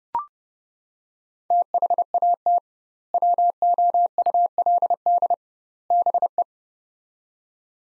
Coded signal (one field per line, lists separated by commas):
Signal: Morse code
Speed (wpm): 32 wpm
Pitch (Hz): 700 Hz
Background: none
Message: THAT WOULD BE